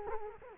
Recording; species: mosquito wingbeat signal from an infrared sensor; Culex quinquefasciatus